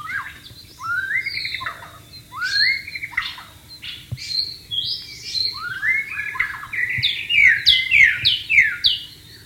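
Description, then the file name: White-rumped shama song, loud rising and falling whistled phrases repeated with variation, building into quicker, higher notes near the end. "suara burung murai batu di alam liar"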